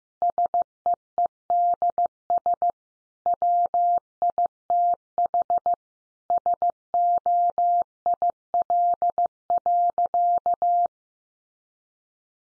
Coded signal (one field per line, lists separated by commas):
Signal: Morse code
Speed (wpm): 15 wpm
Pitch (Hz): 700 Hz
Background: none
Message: SEEDS WITH SOIL.